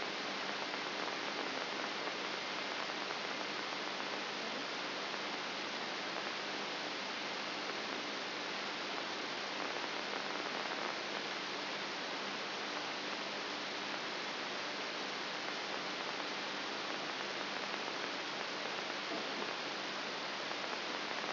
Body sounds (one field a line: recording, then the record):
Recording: brain microelectrode recording played as sound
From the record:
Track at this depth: outside the subthalamic nucleus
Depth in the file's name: 5.501 mm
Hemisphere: left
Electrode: 3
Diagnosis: Parkinson's disease